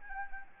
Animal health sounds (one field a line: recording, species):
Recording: mosquito wingbeat signal from an infrared sensor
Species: Anopheles arabiensis